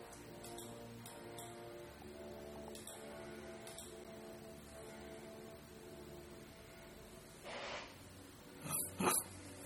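Over a steady, humming tonal background, a dog lets out a few short, rough barks near the end: one burst, then two quicker sharp yaps.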